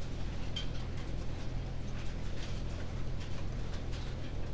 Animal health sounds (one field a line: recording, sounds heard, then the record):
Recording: poultry house recording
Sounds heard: no chicken sound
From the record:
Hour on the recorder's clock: 19